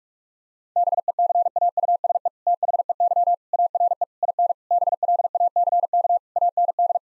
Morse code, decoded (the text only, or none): BECAUSE THEY ARE IN BLACK AND